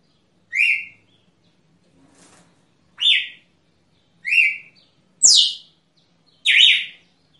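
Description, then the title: Red-cowled cardinal giving five sharp, downslurred chirps at uneven intervals, each a brief bright note, with a soft rustle between the first and second. Female, chirping. "Canto Galo Campina Fêmea. Galo de Campina ( PIADO )"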